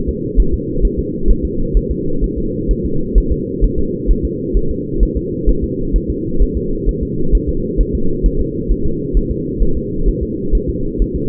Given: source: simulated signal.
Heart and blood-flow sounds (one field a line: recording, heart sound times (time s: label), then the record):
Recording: fetal heart sounds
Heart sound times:
0.09 s: S2
0.40 s: S1
0.54 s: S2
0.85 s: S1
0.99 s: S2
1.31 s: S1
1.45 s: S2
1.77 s: S1
1.91 s: S2
2.24 s: S1
2.38 s: S2
2.71 s: S1
2.86 s: S2
3.18 s: S1
3.32 s: S2
3.64 s: S1
3.79 s: S2
4.11 s: S1
4.25 s: S2
4.57 s: S1
4.71 s: S2
5.03 s: S1
5.17 s: S2
5.49 s: S1
5.64 s: S2
5.96 s: S1
6.10 s: S2
6.42 s: S1
6.57 s: S2
6.89 s: S1
7.03 s: S2
7.35 s: S1
7.49 s: S2
7.81 s: S1
7.95 s: S2
8.26 s: S1
8.41 s: S2
8.71 s: S1
8.86 s: S2
9.17 s: S1
9.31 s: S2
9.62 s: S1
9.77 s: S2
10.09 s: S1
10.23 s: S2
10.55 s: S1
10.70 s: S2
11.02 s: S1
11.16 s: S2
From the record:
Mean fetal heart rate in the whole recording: 130 bpm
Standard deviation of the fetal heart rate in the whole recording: 2 bpm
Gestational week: 36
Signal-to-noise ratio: -8.1 dB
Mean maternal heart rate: 72 bpm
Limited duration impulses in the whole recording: absent